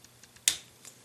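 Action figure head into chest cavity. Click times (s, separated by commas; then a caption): 0.5 s. The plastic head of a Transformers Prime Deluxe Vehicon action figure, pushed up through the chest cavity during transformation, clicks into place with one sharp, bright snap at 0.5 s. Fainter small ticks come before and after it. The head is seated.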